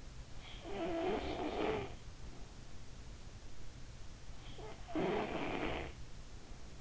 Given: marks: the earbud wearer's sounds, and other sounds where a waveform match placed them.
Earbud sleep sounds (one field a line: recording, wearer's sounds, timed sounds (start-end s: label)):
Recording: sounds in sleep by an in-ear microphone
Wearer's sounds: snoring breath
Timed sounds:
0.25-2.27 s: snoring breath
4.46-6.31 s: snoring breath